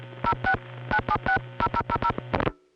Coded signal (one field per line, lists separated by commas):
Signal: DTMF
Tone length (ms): 70 ms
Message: 06 9760000